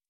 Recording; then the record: hydrophone in a shrimp aquaculture tank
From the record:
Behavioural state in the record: stressed